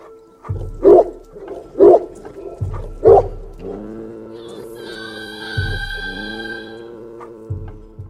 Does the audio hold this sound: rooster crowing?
no